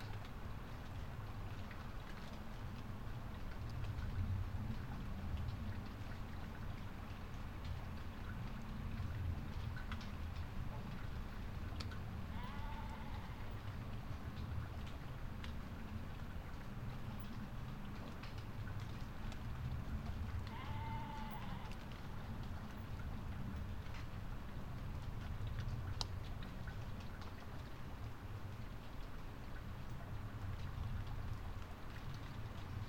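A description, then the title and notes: Night rain falls on a drystone wall in a steady, dense patter over a low rumble, with two brief rising chirps near 13 and 21 seconds. Night rain falls on a drystone wall. This sound view was recorded from the top of a drystone wall overlooking fields of nocturnal sheep, in the North Yorkshire market town of Settle last August.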